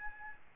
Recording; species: mosquito wingbeat signal from an infrared sensor; Aedes albopictus